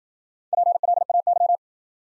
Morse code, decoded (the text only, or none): PLAY